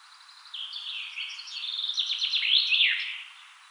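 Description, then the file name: Common chaffinch song: a bright, rapid series of high descending notes that speeds up and ends in a short flourish, with faint background hiss. "Fringilla coelebs"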